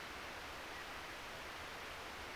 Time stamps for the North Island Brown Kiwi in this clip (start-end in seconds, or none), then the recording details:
none. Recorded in New Zealand on 3 December 2013. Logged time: 04:27. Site DF60